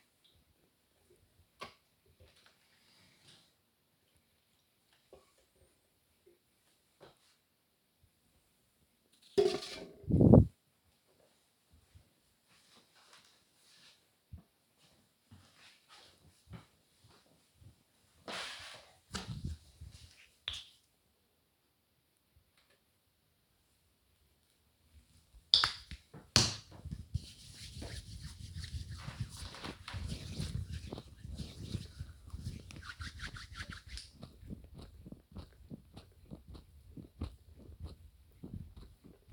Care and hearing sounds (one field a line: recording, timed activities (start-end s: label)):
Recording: household activities, microphone on the right wrist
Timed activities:
0.00-9.89 s: watering plant
21.94-39.33 s: cream hands